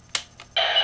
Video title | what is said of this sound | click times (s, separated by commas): ScottSmitty Toy Theater! Kyoryujin | so you can hear it, and you hear the click sound when it gets taken out. | 0.1 s